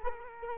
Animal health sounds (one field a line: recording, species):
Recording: mosquito wingbeat signal from an infrared sensor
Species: Culex quinquefasciatus